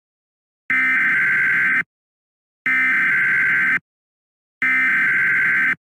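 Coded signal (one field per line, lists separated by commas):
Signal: Emergency Alert System (SAME) tones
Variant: header bursts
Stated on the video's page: Mock emergency alert scenario; air quality index disaster theme, fictional analog-horror recreation.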